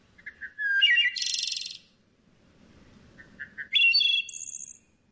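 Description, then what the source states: Wood thrush song: two fluting phrases, each a few low clear notes rising into a buzzy, trilled high flourish, separated by a pause, with faint low background hum. Sung April to September in deciduous forests of the eastern U.S. and Canada; a summer sound in North America; song described as fluting and ethereal.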